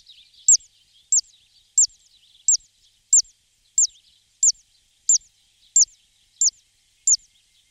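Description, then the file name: Zitting cisticola giving its song, a series of eleven high, sharp clicking 'zit' notes evenly spaced at roughly two-thirds of a second over a quiet background. "beccamoschino"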